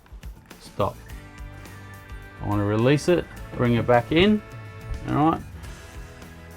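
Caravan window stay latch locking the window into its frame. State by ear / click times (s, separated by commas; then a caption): not seated / none. A caravan window on an MDC Forbes 12+ Offroad Caravan is released from its open position and brought back in toward its frame, with a few faint handling taps near the start while someone talks over background music. Nothing has clicked or seated yet; the window stay latch has not locked the window into its frame by the end of the clip.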